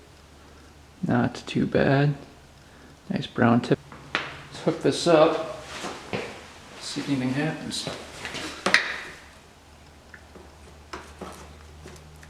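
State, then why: Not seated. Someone talks while a checked spark plug with a brown tip on a Yamaha YFZ 450 quad engine gets its spark plug cap pushed back on, with short sharp knocks and handling sounds around 8.7 s and a few fainter taps afterward. The cap has not clicked into place on the spark plug yet.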